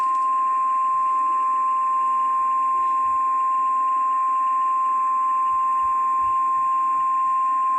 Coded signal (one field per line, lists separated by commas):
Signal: Emergency Alert System (SAME) tones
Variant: 1050 Hz attention tone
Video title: Flash Flood Warning - FFW - EAS #4